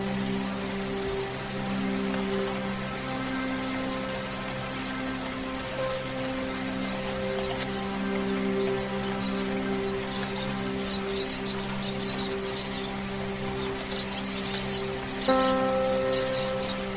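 Soft meditation music, made of held, overlapping tones that swell and fade in slow waves, sits under a steady hiss of rain. The rain stays even and dense throughout. Near fifteen seconds a new, brighter chord enters and slightly lifts the level.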